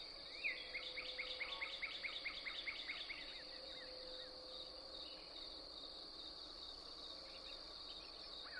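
Couch's Kingbird twittering song, a fast run of short, high, slurred notes over about three seconds, then fainter scattered notes, over a steady insect drone.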